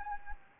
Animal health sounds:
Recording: mosquito wingbeat signal from an infrared sensor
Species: Anopheles gambiae

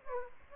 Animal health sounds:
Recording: mosquito wingbeat signal from an infrared sensor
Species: Aedes aegypti

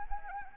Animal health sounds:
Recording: mosquito wingbeat signal from an infrared sensor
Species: Anopheles arabiensis

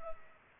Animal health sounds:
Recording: mosquito wingbeat signal from an infrared sensor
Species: Culex pipiens

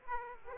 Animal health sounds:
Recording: mosquito wingbeat signal from an infrared sensor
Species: Aedes aegypti

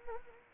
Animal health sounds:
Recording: mosquito wingbeat signal from an infrared sensor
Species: Anopheles arabiensis

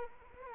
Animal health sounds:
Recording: mosquito wingbeat signal from an infrared sensor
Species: Anopheles arabiensis

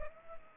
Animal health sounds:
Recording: mosquito wingbeat signal from an infrared sensor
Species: Aedes aegypti

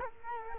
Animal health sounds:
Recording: mosquito wingbeat signal from an infrared sensor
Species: Culex quinquefasciatus

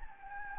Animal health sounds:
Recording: mosquito wingbeat signal from an infrared sensor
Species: Anopheles gambiae

